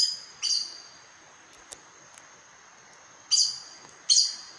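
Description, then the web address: Aracari calls: short, sharp, high squeaky notes with a brief trailing ring, two close together at the start and two more near the end, over faint steady background hiss. "sound Aracari. صدای-پرنده-پرزبان"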